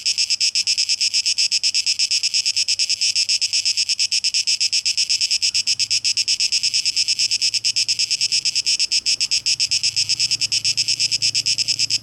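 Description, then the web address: Cicada chorus: a shrill, pulsing high buzz that continues without pause, with a soft low rumble rising near the end. Cicadas recorded on 12 August 2023. "rauschpartikel Audio 2023-08-12 Zikaden"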